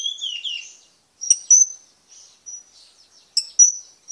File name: suara burung serindit